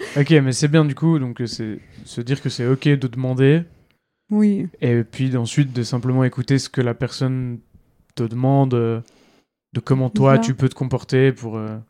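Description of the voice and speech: A man speaks French in a calm, fluent, conversational way with short pauses; ordinary adult speech.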